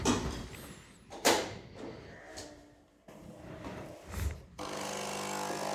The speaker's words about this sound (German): Das typische Nespresso-Geräusch wieder.